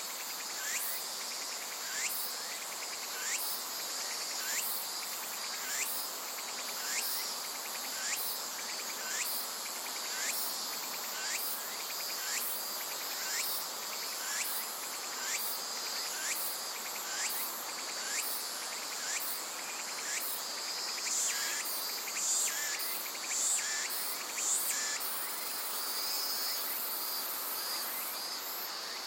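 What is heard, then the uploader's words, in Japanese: Insects fill a riverside forest with a steady, dense chorus of high, shimmering trills. A regular pulse of chirps repeats roughly every second throughout, while a few sharper, brighter calls cut in near the end. Nothing low or heavy sits underneath. 信州、川の森の音。今日は信濃川水系、梓川へやってきました。川のそばには木々が生い茂る森があり、いろんな虫たちの声を聴くことができました。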